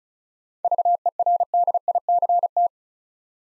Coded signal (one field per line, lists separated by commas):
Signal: Morse code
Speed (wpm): 36 wpm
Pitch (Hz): 700 Hz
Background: none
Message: VERDICT